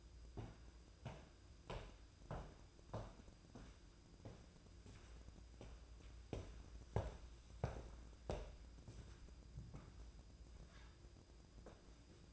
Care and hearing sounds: daily activity, microphone in the room; walk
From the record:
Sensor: 2

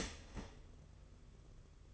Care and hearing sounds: daily activity, microphone in the room; start toaster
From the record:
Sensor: 4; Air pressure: 992.4 hPa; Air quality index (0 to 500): 143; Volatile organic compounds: 81 ppm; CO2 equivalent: 3614 ppm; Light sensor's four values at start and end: 18/62/23/24 and 18/63/23/24

